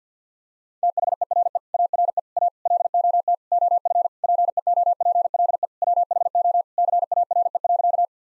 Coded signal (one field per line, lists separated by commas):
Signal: Morse code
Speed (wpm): 50 wpm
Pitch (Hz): 700 Hz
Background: none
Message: THERE ARE A LOT OF PEOPLE WHO CARE.